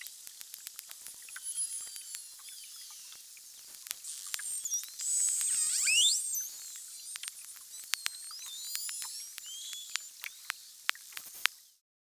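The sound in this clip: Beluga whale clicking in scattered sharp ticks, with high whistled squeals around the middle.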